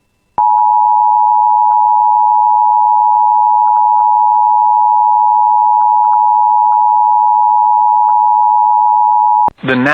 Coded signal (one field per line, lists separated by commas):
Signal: Emergency Alert System (SAME) tones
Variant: 853 and 960 Hz attention tone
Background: speech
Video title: [EAS] Severe Thunderstorm Warning for Gully, North Clearwater, and Red Lake Nation (6/10/2026)